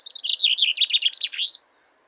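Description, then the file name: Common chaffinch song: a fast, bright series of sweet notes that falls in pitch, speeds into a rattling run and ends in a short flourish, all within about a second and a half. "Pinson des arbres Fringilla coelebs"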